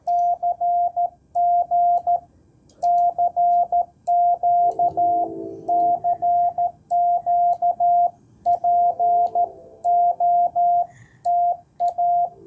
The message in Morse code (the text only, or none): CG CQ CQ POTA